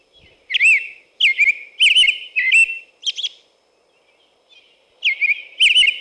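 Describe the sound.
American robin singing clear, slurred whistled phrases in a rapid series, then a short pause before another group of phrases starts.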